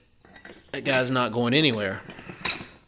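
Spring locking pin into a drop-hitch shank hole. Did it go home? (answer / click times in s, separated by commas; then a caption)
no / none. A spring-loaded locking pin on a steel drop-hitch ball mount for a Jeep Gladiator JT is handled at a shank adjustment hole while someone talks. Light metallic clinks and taps are heard, with a sharper clink near 2.5 s. Nothing has seated or clicked into place yet.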